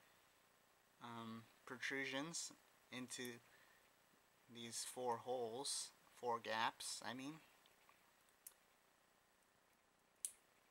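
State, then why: Seated. Someone talks while four protrusions on a plastic/diecast chest armor piece are pushed into four gaps on an action figure's chest. A faint tick comes at 8.5 seconds, then one sharp snap at 10.3 seconds as the armor piece seats in place.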